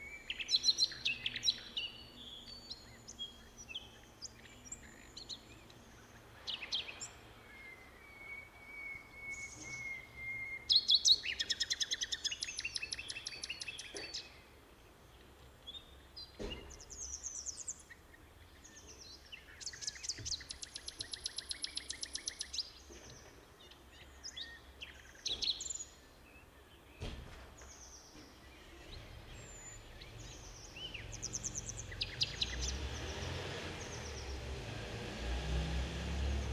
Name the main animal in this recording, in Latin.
Luscinia megarhynchos